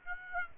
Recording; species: mosquito wingbeat signal from an infrared sensor; Aedes aegypti